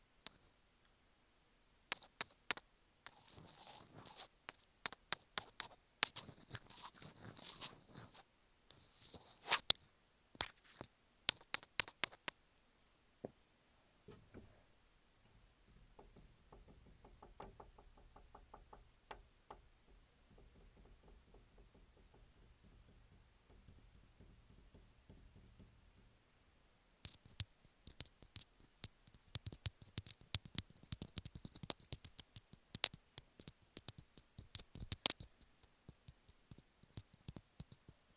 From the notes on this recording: Typing, Tapping, Fluff pillow, Water, and Scratching